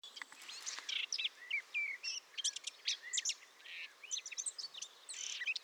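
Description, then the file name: Eurasian blackcap song, soft, varied chirps and short warbled notes in uneven bursts with brief pauses between them. "Sylvia atricapilla"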